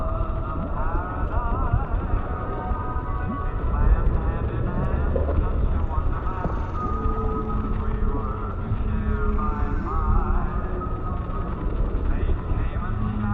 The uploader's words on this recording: Oldies music playing underwater in City.